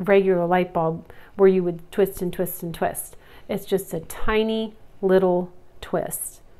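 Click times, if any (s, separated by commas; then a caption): none. A small glass light bulb is handled at the metal bayonet socket of a Singer 301 sewing machine lamp, where it needs only a short twist to lock in. Someone talks throughout, and no distinct click stands out. Nothing has seated or clicked yet.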